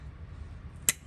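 An air intake hose end is pushed home onto the engine intake fitting over a low background hum. A single loud, sharp snap rings out at 0.9 s, and the hose is seated.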